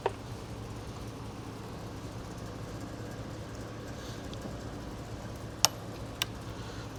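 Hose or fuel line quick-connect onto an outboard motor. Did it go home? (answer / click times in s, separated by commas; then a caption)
yes / 5.6 s. A hose or fuel line quick-connect is pushed onto a Mercury 30 hp two-stroke outboard motor that sat for years and cost only $500, as it is prepared to run. Over a steady low hum, a short tick sounds at 0.1 s, then a sharp, bright click at 5.6 s as the connector seats, followed by a softer click at 6.2 s. The connector is confirmed clicked in and seated.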